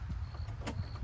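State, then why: Seated. A rear-seat seatbelt on a Honda Pioneer utility vehicle is taken off its hook and brought down, and its tongue goes into the primary buckle. A single short, sharp click at 0.7 s stands out over a steady low rumble as the buckle latches. The seat is then ready for a rider.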